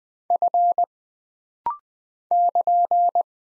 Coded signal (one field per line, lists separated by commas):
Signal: Morse code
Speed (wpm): 20 wpm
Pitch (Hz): 700 Hz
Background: none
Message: F <KN>